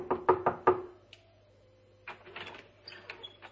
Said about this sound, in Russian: вышел в коридор и, пройдя его, постучал в дверь покоя своей жены.